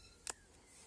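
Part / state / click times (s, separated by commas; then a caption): cut plastic bottle top into bottle bottom reservoir / seated / 0.3 s. The cut-off top of a plastic bottle, holding planted potting soil, is pushed down into the bottom half of the bottle, which serves as the water reservoir. A single sharp click sounds at 0.3 s against a quiet background. The top clips into the base and holds.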